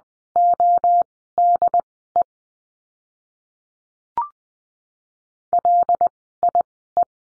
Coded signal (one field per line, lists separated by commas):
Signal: Morse code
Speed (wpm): 20 wpm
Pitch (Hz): 700 Hz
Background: none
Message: ODE LIE